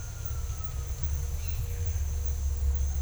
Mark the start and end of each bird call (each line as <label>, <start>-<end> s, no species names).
bird call, 0.00-0.86 s